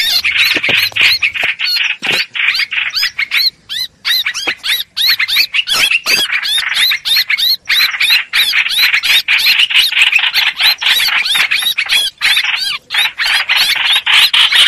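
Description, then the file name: Streak-eared bulbul distress calls, harsh squealing and chattering notes in a rapid, almost continuous run with only short gaps. Distress call used to call the flock together. "Tieng chim trao trao keu cuu goi bay"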